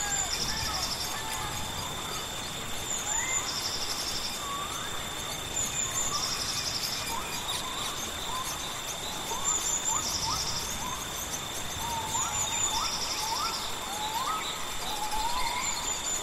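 Steady rain hisses through the forest in an even wash that never lets up. Insects and birds call over it: a high buzzing tone holds throughout, short chirps repeat every few seconds, and brief rising bird-like notes come and go in the middle range.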